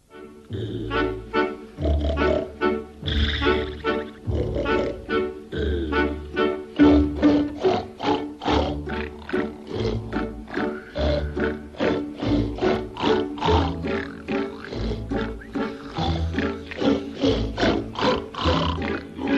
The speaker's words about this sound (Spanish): Me encanta oír música clásica cuando voy a la cama. Me ayuda a dormir. Acompáñenme con unos ronquidos.